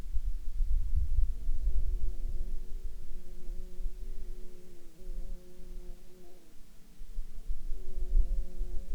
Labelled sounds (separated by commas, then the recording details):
insects
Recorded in Ivvavik National Park, Yukon, on 26 June 2019 at 15:43
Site SINP09